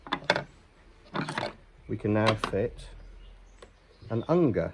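A tool cone is released from a plastic window-cleaning pole adapter by pressing its yellow release buttons, and the mechanism clicks sharply at 0.1 and 0.3 seconds. A few lighter clicks follow around 1.2–1.4 seconds, and someone talks.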